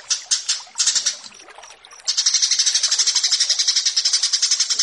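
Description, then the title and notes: Australasian bushlark song opening with separate high chirps, then a long rapid rattle of high repeated notes. Bird-keeping song tutoring (masteran). "Branjangan VS BURGER Masteran Mewah 1. burung BRANJANGAN"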